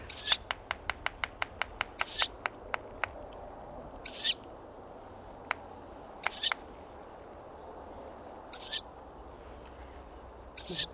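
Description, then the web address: Ural owl calls, hoarse high hisses repeated roughly every two seconds, accompanied by a fast series of sharp ticking clicks early on. Recorded in May 2008. "viiru. birdersdiary toukokuu-2008"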